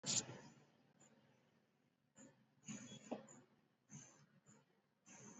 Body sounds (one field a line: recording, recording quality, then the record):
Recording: deep breathing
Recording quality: moderate, slight background noise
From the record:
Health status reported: exposed to COVID-19, no respiratory illness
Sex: male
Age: 31 years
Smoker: yes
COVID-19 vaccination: both doses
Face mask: worn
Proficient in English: yes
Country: India